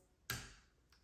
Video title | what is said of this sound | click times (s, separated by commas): Keychron K5 SE Keyboard - White LED - Unboxing | And it pops right out. | 0.3 s